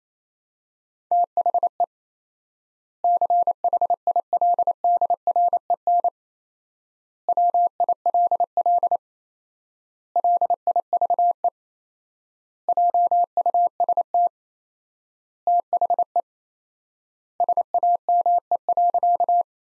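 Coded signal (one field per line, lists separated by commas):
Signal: Morse code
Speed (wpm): 27 wpm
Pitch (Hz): 700 Hz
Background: none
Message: THE CHILDREN WILL LIVE JUST THE SAME.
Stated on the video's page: Morse practice set of sentences built from the top 300 words at 28 wpm with 4x word spacing, a word-level take on the Farnsworth method.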